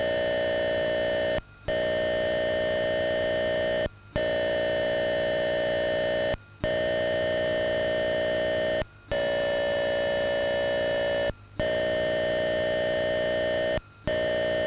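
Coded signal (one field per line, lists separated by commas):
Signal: computer data on cassette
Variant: Atari 8-bit data recorder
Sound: steady buzzing tone with harmonics, broken by six brief silences, evenly spaced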